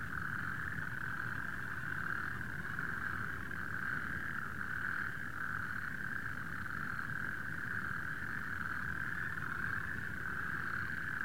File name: natterjacks